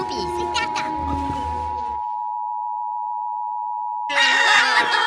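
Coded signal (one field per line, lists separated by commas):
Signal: Emergency Alert System (SAME) tones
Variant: 853 and 960 Hz attention tone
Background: speech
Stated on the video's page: Fictional analog horror EAS scenario, not a real alert.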